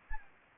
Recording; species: mosquito wingbeat signal from an infrared sensor; Anopheles gambiae